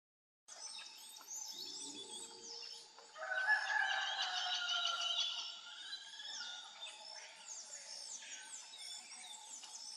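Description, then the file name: Red-fan parrot giving harsh, drawn-out calls, loudest in the middle seconds, over a busy background of other bird calls. "anaca red fan parrot deroptyus accipitrinus"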